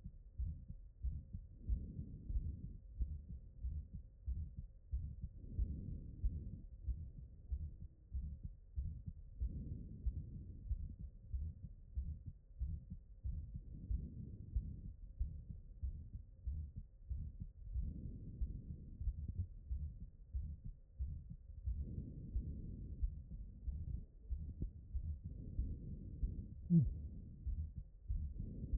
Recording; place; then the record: heart sounds by stethoscope; aortic valve (AV)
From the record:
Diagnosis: non-HFrEF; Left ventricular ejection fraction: 72%